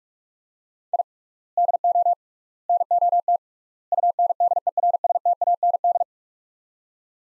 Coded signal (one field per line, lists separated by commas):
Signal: Morse code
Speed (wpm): 46 wpm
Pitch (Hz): 700 Hz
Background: none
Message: I DO NOT UNDERSTAND